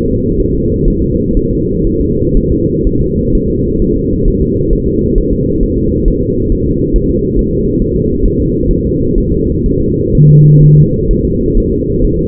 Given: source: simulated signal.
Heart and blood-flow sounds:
fetal heart sounds
0.08 s: S2
0.40 s: S1
0.55 s: S2
0.88 s: S1
1.02 s: S2
1.37 s: S1
1.51 s: S2
1.87 s: S1
2.01 s: S2
2.37 s: S1
2.52 s: S2
2.87 s: S1
3.01 s: S2
3.35 s: S1
3.50 s: S2
3.82 s: S1
3.97 s: S2
4.28 s: S1
4.42 s: S2
4.73 s: S1
4.88 s: S2
5.18 s: S1
5.33 s: S2
5.63 s: S1
5.78 s: S2
6.08 s: S1
6.23 s: S2
6.52 s: S1
6.67 s: S2
6.96 s: S1
7.10 s: S2
7.39 s: S1
7.53 s: S2
7.82 s: S1
7.96 s: S2
8.25 s: S1
8.40 s: S2
8.71 s: S1
8.85 s: S2
9.18 s: S1
9.32 s: S2
9.66 s: S1
9.81 s: S2
10.15 s: S1
10.30 s: S2
10.63 s: S1
10.78 s: S2
11.11 s: S1
11.25 s: S2
11.58 s: S1
11.72 s: S2
12.05 s: S1
12.19 s: S2
From the record:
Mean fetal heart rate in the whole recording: 130 bpm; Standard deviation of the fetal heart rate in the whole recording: 4 bpm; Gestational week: 38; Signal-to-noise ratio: -10.2 dB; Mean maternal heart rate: 72 bpm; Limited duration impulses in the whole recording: present

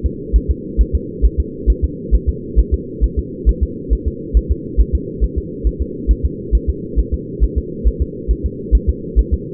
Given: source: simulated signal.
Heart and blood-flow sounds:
fetal heart sounds
0.06 s: S2
0.36 s: S1
0.50 s: S2
0.81 s: S1
0.95 s: S2
1.25 s: S1
1.40 s: S2
1.70 s: S1
1.84 s: S2
2.14 s: S1
2.29 s: S2
2.59 s: S1
2.74 s: S2
3.04 s: S1
3.19 s: S2
3.49 s: S1
3.63 s: S2
3.93 s: S1
4.08 s: S2
4.37 s: S1
4.51 s: S2
4.80 s: S1
4.95 s: S2
5.24 s: S1
5.38 s: S2
5.67 s: S1
5.82 s: S2
6.11 s: S1
6.25 s: S2
6.55 s: S1
6.70 s: S2
6.99 s: S1
7.14 s: S2
7.44 s: S1
7.58 s: S2
7.88 s: S1
8.02 s: S2
8.31 s: S1
8.46 s: S2
8.75 s: S1
8.89 s: S2
9.19 s: S1
9.34 s: S2
From the record:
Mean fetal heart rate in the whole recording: 135 bpm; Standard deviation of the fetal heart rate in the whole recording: 3 bpm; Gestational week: 34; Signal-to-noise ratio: -4.1 dB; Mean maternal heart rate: no maternal heart sound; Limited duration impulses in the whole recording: absent

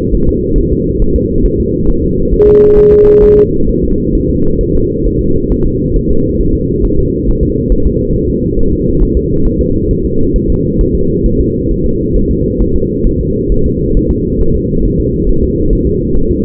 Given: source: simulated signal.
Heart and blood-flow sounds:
fetal heart sounds
0.15 s: S1
0.29 s: S2
0.58 s: S1
0.72 s: S2
1.02 s: S1
1.16 s: S2
1.46 s: S1
1.60 s: S2
1.89 s: S1
2.04 s: S2
2.34 s: S1
2.48 s: S2
2.78 s: S1
2.93 s: S2
3.24 s: S1
3.38 s: S2
3.69 s: S1
3.84 s: S2
4.15 s: S1
4.29 s: S2
4.61 s: S1
4.75 s: S2
5.07 s: S1
5.21 s: S2
5.52 s: S1
5.66 s: S2
5.96 s: S1
6.11 s: S2
6.41 s: S1
6.55 s: S2
6.85 s: S1
6.99 s: S2
7.29 s: S1
7.43 s: S2
7.72 s: S1
7.86 s: S2
8.16 s: S1
8.30 s: S2
8.59 s: S1
8.73 s: S2
9.03 s: S1
9.17 s: S2
9.47 s: S1
9.61 s: S2
9.91 s: S1
10.05 s: S2
10.36 s: S1
10.50 s: S2
10.81 s: S1
10.95 s: S2
11.26 s: S1
11.41 s: S2
11.71 s: S1
11.86 s: S2
12.16 s: S1
12.31 s: S2
12.62 s: S1
12.76 s: S2
13.07 s: S1
13.21 s: S2
13.52 s: S1
13.66 s: S2
13.97 s: S1
14.11 s: S2
14.41 s: S1
14.56 s: S2
14.86 s: S1
15.00 s: S2
15.29 s: S1
15.44 s: S2
15.73 s: S1
15.87 s: S2
16.16 s: S1
16.31 s: S2
From the record:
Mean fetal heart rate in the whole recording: 135 bpm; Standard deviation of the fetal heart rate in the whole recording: 3 bpm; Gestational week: 36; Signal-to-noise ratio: -16.4 dB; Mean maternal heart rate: 72 bpm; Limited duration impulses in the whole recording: present

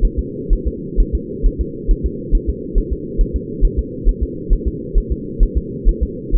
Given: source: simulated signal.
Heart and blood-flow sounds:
fetal heart sounds
0.05 s: S1
0.19 s: S2
0.53 s: S1
0.67 s: S2
1.00 s: S1
1.15 s: S2
1.47 s: S1
1.61 s: S2
1.91 s: S1
2.06 s: S2
2.35 s: S1
2.49 s: S2
2.78 s: S1
2.93 s: S2
3.21 s: S1
3.36 s: S2
3.65 s: S1
3.79 s: S2
4.09 s: S1
4.23 s: S2
4.53 s: S1
4.67 s: S2
4.98 s: S1
5.12 s: S2
5.43 s: S1
5.57 s: S2
5.89 s: S1
6.03 s: S2
6.35 s: S1
From the record:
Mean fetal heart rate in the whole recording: 130 bpm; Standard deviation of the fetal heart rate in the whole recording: 4 bpm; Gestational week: 38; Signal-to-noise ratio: -4.1 dB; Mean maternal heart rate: no maternal heart sound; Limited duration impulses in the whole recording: absent

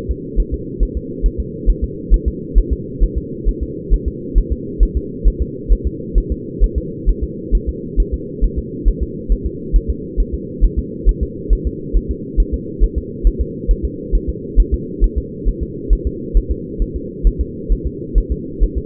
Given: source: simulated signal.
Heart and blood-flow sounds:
fetal heart sounds
0.11 s: S2
0.40 s: S1
0.54 s: S2
0.83 s: S1
0.97 s: S2
1.26 s: S1
1.40 s: S2
1.70 s: S1
1.84 s: S2
2.14 s: S1
2.28 s: S2
2.58 s: S1
2.73 s: S2
3.03 s: S1
3.18 s: S2
3.49 s: S1
3.63 s: S2
3.94 s: S1
4.08 s: S2
4.38 s: S1
4.52 s: S2
4.83 s: S1
4.97 s: S2
5.28 s: S1
5.42 s: S2
5.73 s: S1
5.87 s: S2
6.18 s: S1
6.32 s: S2
6.64 s: S1
6.78 s: S2
7.09 s: S1
7.24 s: S2
7.55 s: S1
7.69 s: S2
8.00 s: S1
8.14 s: S2
8.44 s: S1
8.59 s: S2
8.88 s: S1
9.03 s: S2
9.32 s: S1
9.47 s: S2
9.76 s: S1
9.90 s: S2
10.20 s: S1
10.34 s: S2
10.65 s: S1
10.79 s: S2
11.09 s: S1
11.23 s: S2
11.53 s: S1
11.67 s: S2
11.97 s: S1
12.11 s: S2
12.40 s: S1
12.54 s: S2
12.84 s: S1
12.98 s: S2
13.27 s: S1
13.41 s: S2
13.71 s: S1
13.85 s: S2
14.15 s: S1
14.30 s: S2
14.60 s: S1
14.74 s: S2
15.04 s: S1
15.18 s: S2
15.48 s: S1
15.63 s: S2
15.93 s: S1
16.07 s: S2
16.37 s: S1
16.51 s: S2
16.82 s: S1
16.96 s: S2
17.27 s: S1
17.41 s: S2
17.72 s: S1
17.87 s: S2
18.18 s: S1
18.32 s: S2
18.64 s: S1
18.78 s: S2
From the record:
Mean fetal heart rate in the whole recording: 135 bpm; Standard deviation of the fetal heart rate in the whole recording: 3 bpm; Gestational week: 36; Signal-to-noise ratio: -4.1 dB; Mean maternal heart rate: no maternal heart sound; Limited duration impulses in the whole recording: absent

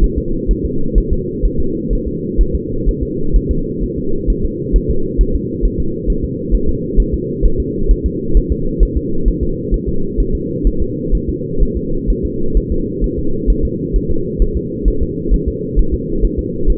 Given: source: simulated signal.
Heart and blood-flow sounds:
fetal heart sounds
0.04 s: S1
0.18 s: S2
0.51 s: S1
0.66 s: S2
0.98 s: S1
1.13 s: S2
1.45 s: S1
1.60 s: S2
1.93 s: S1
2.08 s: S2
2.41 s: S1
2.55 s: S2
2.88 s: S1
3.03 s: S2
3.36 s: S1
3.51 s: S2
3.83 s: S1
3.98 s: S2
4.30 s: S1
4.45 s: S2
4.76 s: S1
4.91 s: S2
5.21 s: S1
5.36 s: S2
5.65 s: S1
5.80 s: S2
6.10 s: S1
6.25 s: S2
6.54 s: S1
6.69 s: S2
7.00 s: S1
7.14 s: S2
7.45 s: S1
7.60 s: S2
7.91 s: S1
8.06 s: S2
8.37 s: S1
8.52 s: S2
8.83 s: S1
8.97 s: S2
9.28 s: S1
9.43 s: S2
9.74 s: S1
9.89 s: S2
10.20 s: S1
10.35 s: S2
10.67 s: S1
10.82 s: S2
11.15 s: S1
11.29 s: S2
11.63 s: S1
11.77 s: S2
12.10 s: S1
12.25 s: S2
12.57 s: S1
12.72 s: S2
13.04 s: S1
13.19 s: S2
13.50 s: S1
13.65 s: S2
13.96 s: S1
14.11 s: S2
14.42 s: S1
14.57 s: S2
14.88 s: S1
15.03 s: S2
15.34 s: S1
15.48 s: S2
15.79 s: S1
15.94 s: S2
16.25 s: S1
16.39 s: S2
16.70 s: S1
From the record:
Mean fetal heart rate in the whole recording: 130 bpm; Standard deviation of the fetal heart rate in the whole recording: 2 bpm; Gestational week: 36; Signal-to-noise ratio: -8.1 dB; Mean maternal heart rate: 72 bpm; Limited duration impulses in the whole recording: absent

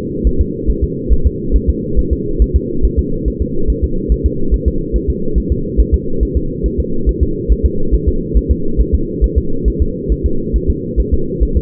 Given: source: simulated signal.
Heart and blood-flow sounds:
fetal heart sounds
0.27 s: S1
0.41 s: S2
0.70 s: S1
0.84 s: S2
1.13 s: S1
1.27 s: S2
1.56 s: S1
1.70 s: S2
1.99 s: S1
2.13 s: S2
2.42 s: S1
2.56 s: S2
2.85 s: S1
2.99 s: S2
3.28 s: S1
3.42 s: S2
3.70 s: S1
3.84 s: S2
4.12 s: S1
4.26 s: S2
4.54 s: S1
4.68 s: S2
4.96 s: S1
5.10 s: S2
5.38 s: S1
5.52 s: S2
5.80 s: S1
5.94 s: S2
6.23 s: S1
6.37 s: S2
6.66 s: S1
6.80 s: S2
7.09 s: S1
7.23 s: S2
7.52 s: S1
7.66 s: S2
7.95 s: S1
8.08 s: S2
8.37 s: S1
8.51 s: S2
8.81 s: S1
8.95 s: S2
9.24 s: S1
9.38 s: S2
9.68 s: S1
9.82 s: S2
10.12 s: S1
10.26 s: S2
10.56 s: S1
10.70 s: S2
11.00 s: S1
11.14 s: S2
11.43 s: S1
11.57 s: S2
From the record:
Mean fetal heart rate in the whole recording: 140 bpm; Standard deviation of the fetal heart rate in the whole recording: 2 bpm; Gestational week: 34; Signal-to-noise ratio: -8.1 dB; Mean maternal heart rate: 72 bpm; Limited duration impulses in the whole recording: absent

